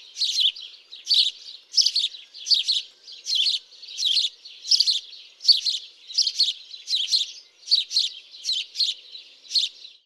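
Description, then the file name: House sparrow chirping, a steady series of harsh chirps repeated about every half second to second, clear and loud with no other sounds. "Passer domesticus"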